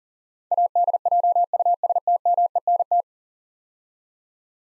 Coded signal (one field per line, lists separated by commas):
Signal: Morse code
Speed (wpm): 38 wpm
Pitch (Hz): 700 Hz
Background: none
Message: ADJUSTMENT